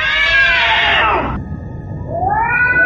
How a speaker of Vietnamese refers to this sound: Giây tiếp theo, tiếng mèo gào thét xuyên thủng trời đêm. Tôi kinh hãi, thứ ở trong quan tài này hóa ra là lũ mèo tạp chủng đông nghịt.